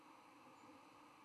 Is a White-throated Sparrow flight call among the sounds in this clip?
no